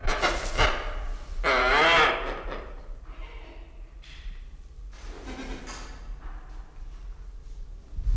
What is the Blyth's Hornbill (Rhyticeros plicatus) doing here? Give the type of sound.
call